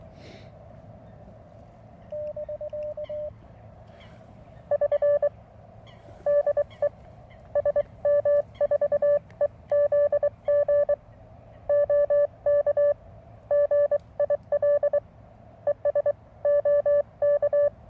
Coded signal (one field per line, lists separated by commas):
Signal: Morse code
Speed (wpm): 23 wpm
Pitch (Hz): 580 Hz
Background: none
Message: <BK> <SN> DE SM4EZG OK GIL ES OK